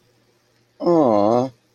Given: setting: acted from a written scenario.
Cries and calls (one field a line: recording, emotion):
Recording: vocal sound without words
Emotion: adoration